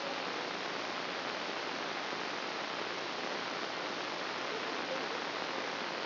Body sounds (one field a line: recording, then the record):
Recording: brain microelectrode recording played as sound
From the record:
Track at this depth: inside the subthalamic nucleus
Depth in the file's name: 0.537 mm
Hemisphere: right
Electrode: 2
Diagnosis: Parkinson's disease